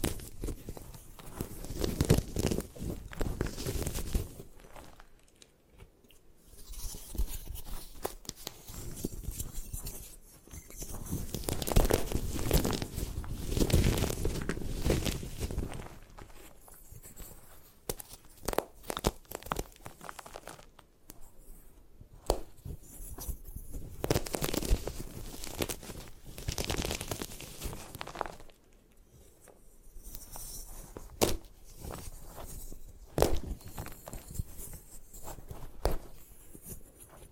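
Gym chalk is crushed and crumbled in dense, gritty bursts of crunching and sharp cracks, broken by short pauses and scattered clicks.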